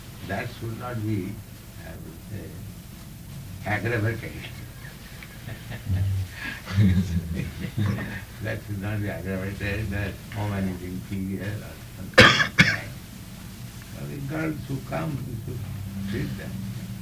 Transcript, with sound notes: that should not be, I mean to say, aggravated. [laughs] That should not be aggravated, that "Woman is inferior," or something like that. So the girls who come, you should treat them nicely,